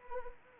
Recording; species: mosquito wingbeat signal from an infrared sensor; Anopheles arabiensis